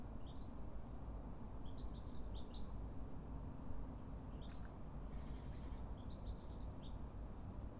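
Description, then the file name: European goldfinch twittering calls, quick liquid high notes in brief bursts with a few thin slurred whistles between, set against constant low-pitched rumble. "Carduelis carduelis"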